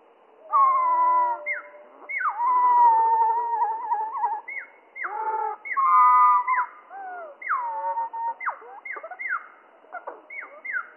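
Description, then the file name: Slowed spotted flycatcher song: long wavering whistles mixed with many quick descending swoops and stuttering bursts. Song slowed down by three octaves, mono recording. "GOBE MOUCHE GRIS MOINS TROIS OCTAVES MONO"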